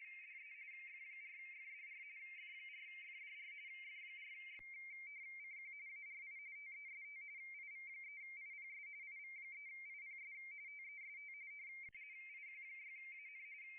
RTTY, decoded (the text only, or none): DE F4FDR F4FDR F4XCQ ARI TEST IV3IPS IV3IPS TEST IQ6AN